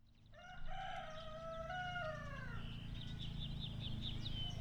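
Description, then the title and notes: Chicken: rooster crowing, a long harmonic crow that holds steady and then drops away at the end, over a steady low engine drone with small birds twittering above. Recorded Saturday 18 May 2019 in Siemianowice Śląskie, Poland; chickens with lawn mowing, compact excavator digging and birds twittering; Zoom H5 with Audio-Technica BP4025. "Poranna 1, 41-103 Siemianowice Śląskie, Polska - Kury, kosiarka i koparka. Sobota, 18 maja 2019. Kury, ktoś kosi trawnik, ktoś kopie koparką, ktoś spaceruje. Ptaki świergoczą. Zarejestrowano w ramach projektu Nagrania terenowe Siemianowic Śląskich - Dźwiękowy Portret Miasta"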